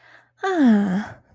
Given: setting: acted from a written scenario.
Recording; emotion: vocal sound without words; ecstasy